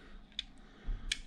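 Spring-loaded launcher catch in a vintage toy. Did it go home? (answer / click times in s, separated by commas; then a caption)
yes / 0.4 s. The spring-loaded launcher of a vintage toy is cocked until its catch locks in place with a sharp, bright metallic click at 0.4 s, after a faint tick just before. A second, equally loud sharp snap follows at 1.1 s over a low rumble. The launcher is seated and locked.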